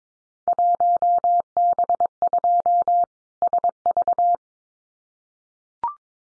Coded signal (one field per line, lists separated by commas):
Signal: Morse code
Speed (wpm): 22 wpm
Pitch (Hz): 700 Hz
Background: none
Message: 1B2 SV